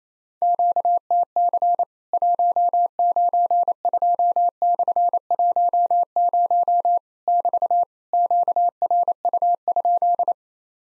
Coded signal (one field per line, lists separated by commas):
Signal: Morse code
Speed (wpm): 28 wpm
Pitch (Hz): 700 Hz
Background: none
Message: QTC 192/10 <BT> QRU?